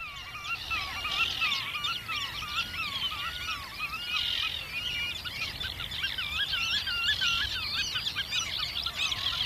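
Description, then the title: Black-tailed Godwit calls: many nasal, wavering notes repeated in quick succession, overlapping in a dense, continuous chorus of several birds with no pause. Wader that has recently settled in Finland. "Viikon luontoääni: Mustapyrstökuiri"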